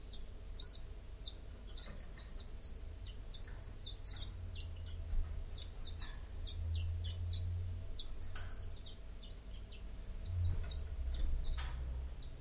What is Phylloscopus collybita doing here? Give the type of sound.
song